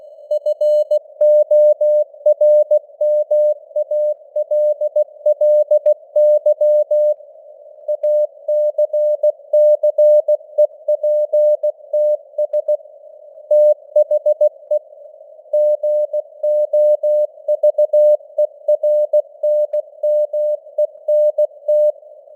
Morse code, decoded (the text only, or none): FORMALLY ACCEPTS THE GOVERNMENT